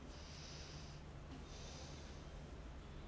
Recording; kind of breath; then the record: one breath in and out by a microphone near the nose and mouth; normal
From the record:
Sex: male